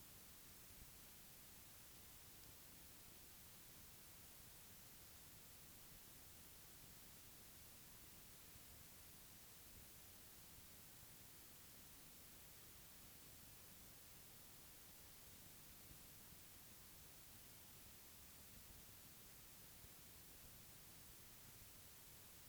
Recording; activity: daily activity, guitar pickup as the sensor; lie down